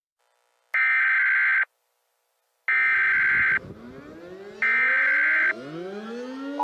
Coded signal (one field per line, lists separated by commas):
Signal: Emergency Alert System (SAME) tones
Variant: header bursts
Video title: Annexed: An EAS Scenario